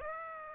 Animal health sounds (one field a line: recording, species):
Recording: mosquito wingbeat signal from an infrared sensor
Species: Aedes aegypti